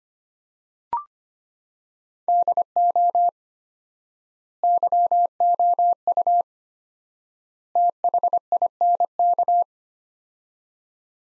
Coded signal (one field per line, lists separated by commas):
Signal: Morse code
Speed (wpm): 25 wpm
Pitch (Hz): 700 Hz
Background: none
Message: DO YOU THINK